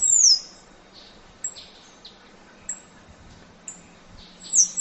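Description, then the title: Half-collared sparrow giving a piercing high, thin descending whistle at the start and again at the end, with scattered short high chips in between. "LuckyPassaro Completos2Sama. Half-collared Sparrow (Arremon semitorquatus)"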